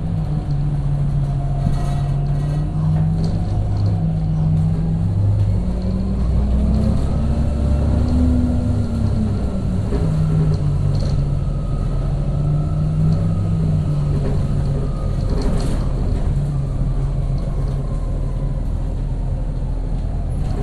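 A bus with a loud, steady low engine drone and rumble throughout. The engine note rises and falls in pitch, climbing around eight seconds and again near twelve, while faint rattles and clunks from the suspension come through.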